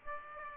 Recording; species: mosquito wingbeat signal from an infrared sensor; Aedes aegypti